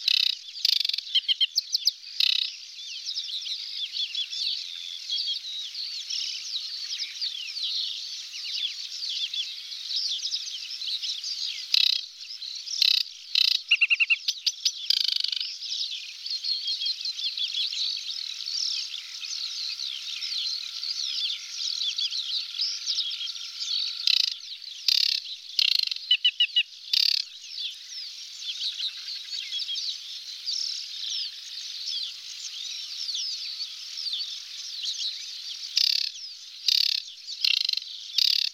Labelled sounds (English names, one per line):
Aquatic Warbler song